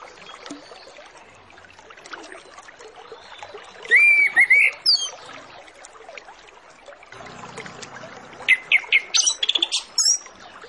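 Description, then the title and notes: Orange-headed Thrush song: two bursts of loud, varied whistled and chattering phrases, the second a rapid string of sharp notes, over a constant trickling, watery hiss. Full, varied 'isian' song used as a lure to prompt Orange-headed Thrushes to sing openly and quickly ('ngeplong'). "Masteran Anis Kembang Full Isian Untuk Suara Pancingan Anis Kembang Agar Cepat Ngeplong. Suara Burung Anis Kembang"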